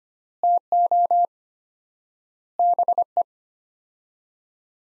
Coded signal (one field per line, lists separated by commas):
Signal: Morse code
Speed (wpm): 25 wpm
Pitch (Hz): 700 Hz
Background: none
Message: TO BE